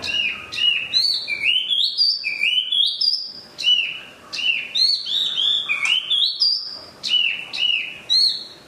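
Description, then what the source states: Chinese hwamei song: stepwise rising whistled phrases repeated in bursts, mixed with sharp high notes and downward slurs, with short pauses between phrases. Used for training cage birds (omkicau).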